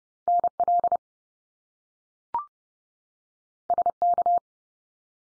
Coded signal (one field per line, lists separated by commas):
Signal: Morse code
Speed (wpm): 30 wpm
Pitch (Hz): 700 Hz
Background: none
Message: NL SK